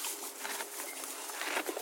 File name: Hrs Chew